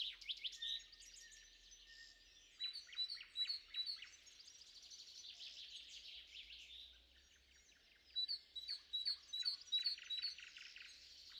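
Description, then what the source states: Birdsong from several birds: high twittering phrases and trills that overlap, come in bursts, then pause. Morning; a bird trio.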